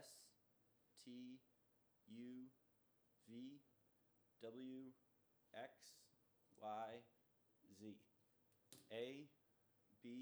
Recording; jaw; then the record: letters of the alphabet, spoken; free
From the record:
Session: first day, before the bite bar